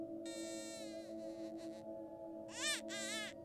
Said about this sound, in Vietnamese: Tiếng trẻ con khóc. Đúng rồi, tôi nghe là tiếng trẻ con khóc vang lên trong đêm.